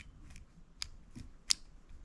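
A crimped green-black speaker wire terminal is pushed into a plastic wiring harness connector housing for a Pioneer car stereo being installed in an SN95 Mustang GT. A faint tick sounds at about 0.8 s, then the terminal pin clicks into the housing with a sharp, bright click at 1.5 s. The terminal is confirmed seated in the connector.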